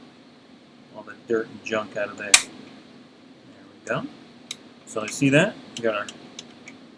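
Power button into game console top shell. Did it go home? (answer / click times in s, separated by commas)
no / none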